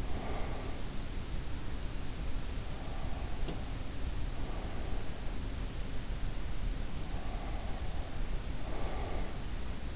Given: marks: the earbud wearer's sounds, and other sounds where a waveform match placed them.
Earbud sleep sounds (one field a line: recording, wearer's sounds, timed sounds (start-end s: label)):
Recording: sounds in sleep by an in-ear microphone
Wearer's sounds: breath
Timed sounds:
0.00-0.90 s: breath
8.49-9.21 s: breath